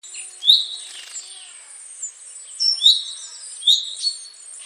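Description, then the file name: Great tit phrases, sharp high-pitched two-part notes heard three or four times with short gaps between them. "Parus major"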